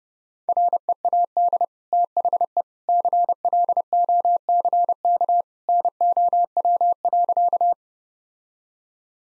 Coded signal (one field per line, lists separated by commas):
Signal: Morse code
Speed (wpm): 32 wpm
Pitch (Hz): 700 Hz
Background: none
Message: READ THE CLOCK NOW.